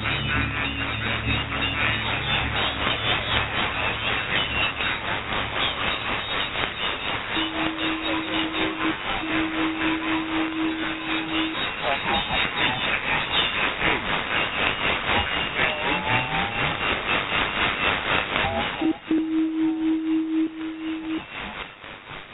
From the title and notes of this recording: Lost voices in night static. A short relay of the strange, haunting and ghost-like night life of shortwave radio.